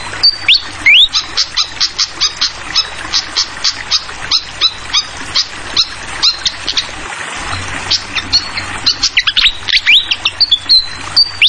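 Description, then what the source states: Flycatcher giving fast, evenly spaced high chirps, opening and closing with rising whistled slurs, over a continuous hiss of running water. Called sikatan kipas, also sikatan londo; clear song mixed with the sound of trickling water, used as a masteran tutoring track for songbirds.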